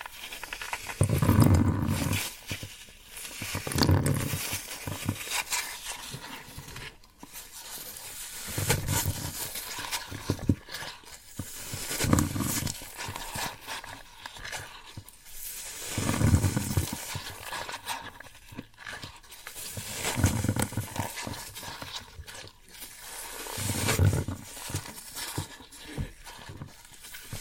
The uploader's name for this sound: Floral Foam Sounds